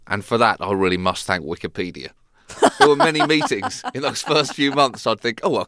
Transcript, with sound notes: And for that, I really must thank Wikipedia. (Soundbite of laughter) For many meetings in those first few months, I'd think, oh, okay.